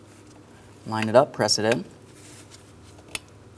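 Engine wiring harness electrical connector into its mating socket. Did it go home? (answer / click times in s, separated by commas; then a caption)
yes / 3.2 s. Someone talks while an electrical connector, locking tab facing up, is lined up and pressed onto its mating socket on the engine wiring harness of a 2003-2007 Cadillac CTS 3.6L V6 during a spark plug replacement. A single sharp plastic click sounds at 3.2 s, and the connector is seated.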